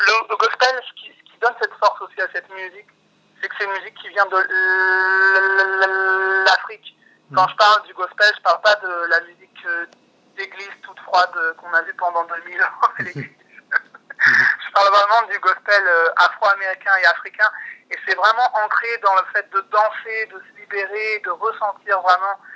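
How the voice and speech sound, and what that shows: Mostly fluent conversational French from an adult man who has stuttered since age 3, broken by a long, flat-pitched held sound of about three seconds and a silent stall before a word. A brief part-word repetition is also heard. These fit stuttering with tonic blocks, on a background of largely fluent speech, a stutter that has improved greatly through singing and meditation.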